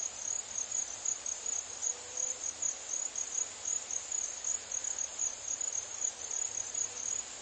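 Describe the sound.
Crickets chirping, a continuous high-pitched trill pulsing in rapid regular bursts.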